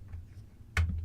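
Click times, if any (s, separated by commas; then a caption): 0.8 s. A DDR4 laptop SO-DIMM memory stick, already angled into its laptop memory slot, is pushed down until the side retention clips catch it. A sharp click at 0.8 s rises well above the quiet low hum, followed by a faint softer tick, and the module is seated.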